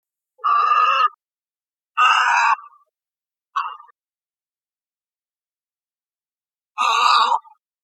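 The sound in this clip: Bird giving harsh, rasping squawks, three in quick succession then a pause of about three seconds before a fourth.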